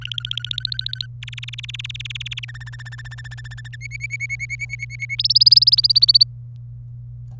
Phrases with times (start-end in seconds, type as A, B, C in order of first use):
0.01-1.06 A, 1.22-2.45 B, 2.48-3.76 C, 3.81-5.15 D, 5.18-6.23 E